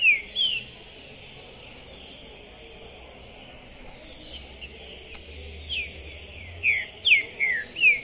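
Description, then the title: Green-winged saltator song: a couple of brief slurred whistles, a long stretch with only a few faint notes, then a closing burst of four descending whistled notes against a continuous high hiss. Captive contest bird calling, singing and displaying aggressively (macheando) while warming up for a singing tournament, at the tournament entrance; 2021. "ESQUENTAR Seu TRINCA Piando, Cantando E Macheando Na DISPUTA. Esse TRINCA FERRO ficou POSSUÍDO na PORTA do TORNEIO! Trinca Ferro Pistoleiro 2021"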